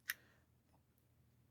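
A screwdriver pushes a plastic anti-back-out terminal lock down into a weather-sealed automotive wiring connector housing. It makes a single sharp click at 0.1 s, followed by a faint tick around 0.75 s against low background noise. The lock is pushed home and seated, good and solid.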